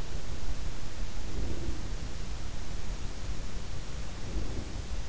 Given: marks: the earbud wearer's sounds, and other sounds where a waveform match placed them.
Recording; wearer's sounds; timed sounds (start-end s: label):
sounds in sleep by an in-ear microphone; breath
1.04-2.15 s: breath
4.04-5.00 s: breath